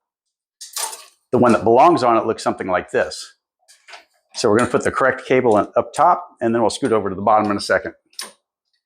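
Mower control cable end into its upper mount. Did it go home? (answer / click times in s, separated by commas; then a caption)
no / none. Someone talks while handling the correct replacement control cable end, the one that belongs on this lawn mower, getting it ready to go into its upper mount at the top of the mower. A brief handling sound comes near the start, and a short sharp sound comes near the end. Nothing has seated or clicked into place yet.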